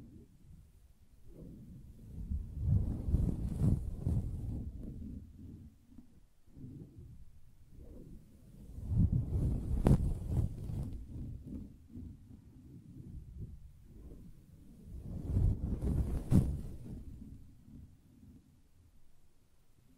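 Soft tapping and scratching on a fabric surface, arriving in three muffled bursts around 2–5, 8–11 and 15–17 seconds. The sound is mostly low and dull, with a few brighter scratchy flicks near the peaks and quieter stretches between bursts.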